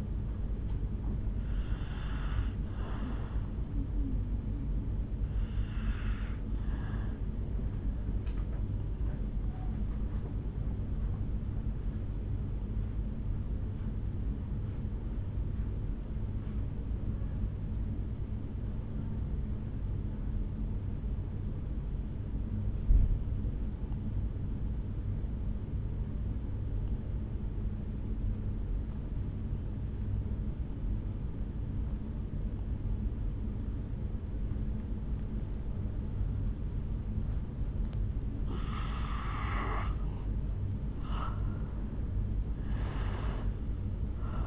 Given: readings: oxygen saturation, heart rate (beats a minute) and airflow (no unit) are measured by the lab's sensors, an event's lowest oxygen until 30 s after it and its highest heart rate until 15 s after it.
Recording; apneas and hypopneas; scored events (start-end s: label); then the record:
breathing in sleep by a smartphone at the bedside; 1
11.00-38.10 s: hypopnea (N1, oxygen 97% highest, then 79% lowest, heart rate 54 at the start, 71 highest)
27.00-44.47 s: new sleep stage, N2 (light sleep)
From the record:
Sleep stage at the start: N1 (lightest sleep); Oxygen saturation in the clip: 82 to 97%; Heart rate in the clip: 51 to 68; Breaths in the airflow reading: 10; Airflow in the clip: -9.4 to 4.4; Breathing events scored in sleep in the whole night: 449 in 7.0 hours asleep